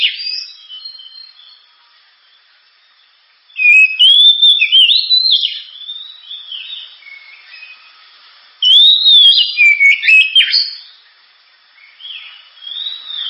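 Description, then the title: Oriental magpie-robin song: two long, loud bursts of rich whistles and varied notes, with quieter, thinner phrases between them. Loud, sharp 'gacor' (constantly singing) kacer song, described as suited for use as 'pancingan' to prompt other birds to sing. "Kacer Gacor Suara Tajam. Kacer Gacor Suara Super Kenceng Cocok untuk Pancingan"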